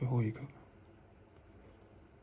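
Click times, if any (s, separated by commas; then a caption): none. Someone talks briefly at the start while handling the last of three screen flex BTB connectors over the logic board socket of an iPhone 6S during a battery replacement, with the connector about to be pressed in by finger. After the talking, only a faint, steady low background hiss remains. Nothing has seated or clicked yet.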